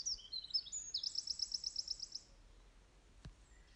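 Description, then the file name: Eurasian wren song: a high, rapid trill of bright repeated notes lasting about one and a half seconds, preceded by a few sharp high notes, with a quiet background afterwards. "Troglodytes troglodytes"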